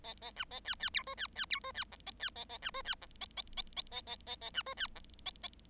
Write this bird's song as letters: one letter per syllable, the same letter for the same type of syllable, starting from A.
A A B A C C D E C C D E C F A C A A B E C F A A A A A A A A B E C F A A